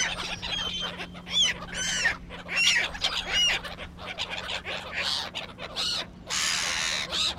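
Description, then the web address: Gulls squabbling, harsh squawks and short yelping calls tumbling over each other in irregular bursts, above a low steady hum. Seagulls squabbling. "Tom Hutchings Seagulls Squabbling"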